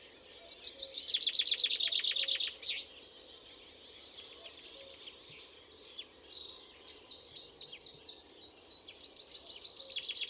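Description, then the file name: Common chaffinch song: a loud, fast series of bright repeated notes lasting about two seconds, followed by a mix of other birds chirping and trilling in the background. "Fringilla coelebs"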